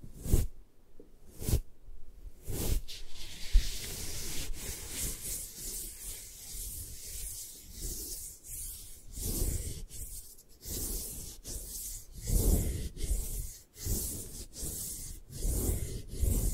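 Scratching and rubbing for an eye massage, a dense, textured hiss with soft low thumps. It starts with a few isolated sharp taps near the first three seconds, then settles into continuous scratching punctuated by brief pauses and stronger strokes about every second or two.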